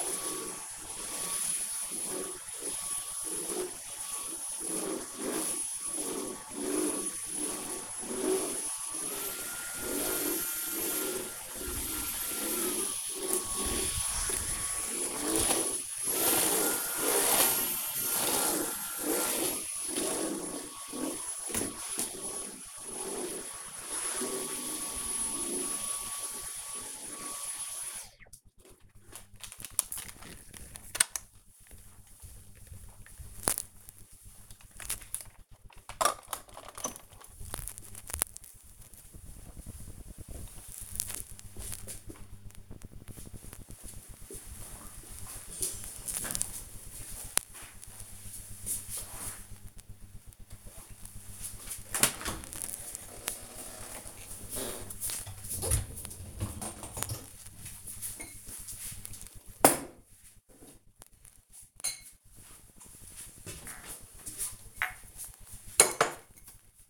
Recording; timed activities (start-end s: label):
household activities, microphone on the right wrist
0.00-28.68 s: vacuum cleaning
49.81-66.90 s: cleaning out the dishwasher